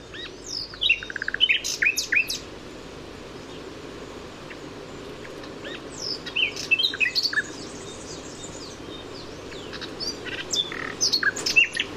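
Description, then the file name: Common nightingale song, softer scattered phrases of quick high chirps and short whistled notes with gaps between them. "Luscinia megarhynchos"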